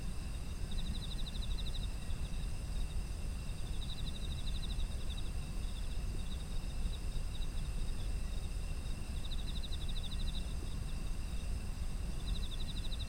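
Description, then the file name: Insects: repeated bursts of rapid, high pulsed trilling over a steady deep rumbling background. Autumn insect ambience. "秋の虫の環境音"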